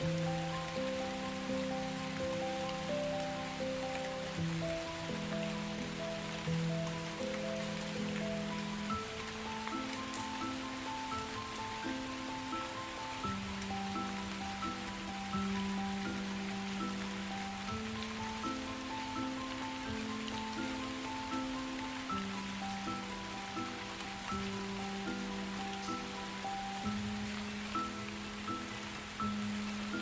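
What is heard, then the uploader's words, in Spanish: Light rain falls steadily over open country, a soft even hiss spread across the whole clip. Over it, gentle music plays slow sustained low and middle notes with a sparse higher melody, unhurried and continuous, at an unchanging level throughout. MÚSICA con una LIGERA LLUVIA en el Campo. El sonido de la lluvia en el campo acompañado de una hermosa música.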